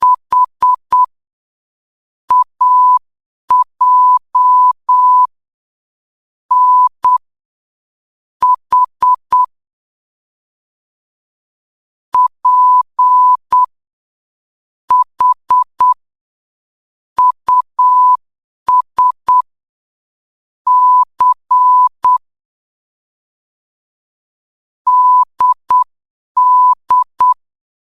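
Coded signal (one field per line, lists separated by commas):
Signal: Morse code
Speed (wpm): 8 wpm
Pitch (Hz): 1000 Hz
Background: none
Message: H AJ N H P H US C DD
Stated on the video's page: Beginner Morse code training drill, Level 2.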